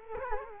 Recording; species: mosquito wingbeat signal from an infrared sensor; Culex quinquefasciatus